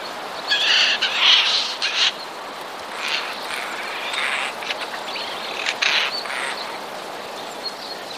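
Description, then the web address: Eurasian jay alarm calls: a cluster of harsh, rasping screeches in the first two seconds, then scattered shorter hoarse bursts, with faint background noise throughout. Recorded 31 March 2013, described as a sparrow warning. "wroblowe ostrzegator sojki 31 03 2013"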